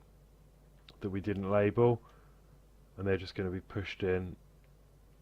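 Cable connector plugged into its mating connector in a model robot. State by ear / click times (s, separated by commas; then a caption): not seated / none. Someone talks while two unlabelled cable connectors in a model robot's wiring are handled, ready to be pushed together by hand. Nothing has seated or clicked yet.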